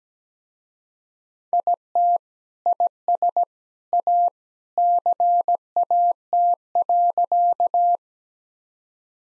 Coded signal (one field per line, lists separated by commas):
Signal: Morse code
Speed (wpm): 17 wpm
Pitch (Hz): 700 Hz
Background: none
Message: IT IS A CAT.